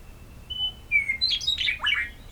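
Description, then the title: Bird song: a thin high whistle, then a quick tumbling run of bright, chirpy notes sliding downward, over faint low background noise. "neoscenes: birds"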